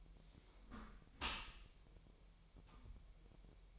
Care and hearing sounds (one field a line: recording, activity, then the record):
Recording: daily activity, microphone in the room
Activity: close dishwasher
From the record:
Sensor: 1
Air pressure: 1000.5 hPa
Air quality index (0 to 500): 246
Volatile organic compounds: 139 ppm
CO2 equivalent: 3972 ppm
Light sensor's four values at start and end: 11/27/11/12 and 11/27/11/12